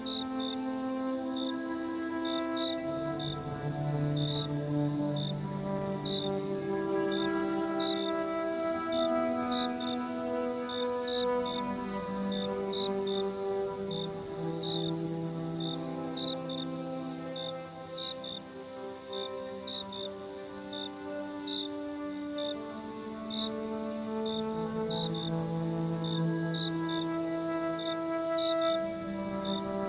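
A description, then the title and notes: Night sounds with music: crickets keep up a steady, high trill with regular chirps running through the whole stretch. Underneath, soft low music drifts along in long held notes that shift every few seconds, keeping an even, unbroken level throughout. Relaxing night sounds with music.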